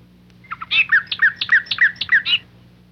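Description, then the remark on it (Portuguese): An exotic bird trills: a quick, rhythmic run of about a dozen bright, warbling chirps that alternate between higher and lower notes, heard alone over a faint low hum for roughly two seconds. “Para o pássaro exótico, nos proporemos o trinado.”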